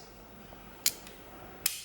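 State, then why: Seated. The plier head of a Leatherman Free P2 folding multitool is flicked downward until the plier jaws lock open. Two sharp, bright snaps land at 0.9 s and 1.7 s, with a faint tick at 1.1 s between them. The jaws snap into place with a proper catch, rather than opening quietly.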